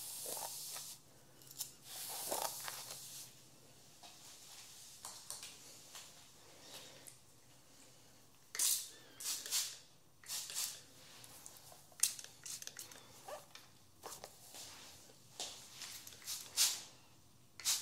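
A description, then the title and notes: Scissors snip in quick bright bursts, busiest around seconds nine to twelve, over quiet hiss, with a brief spray near the start. Haircut Real Hair and No Talking.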